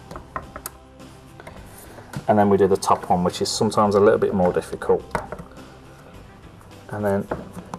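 The top end of a replacement multipoint lock gearbox (centre case) in a UPVC door is being handled and lined up to push onto its locking rod, with a few light taps and knocks near the start. Someone talks through the middle and again near the end. Nothing has clicked or seated yet.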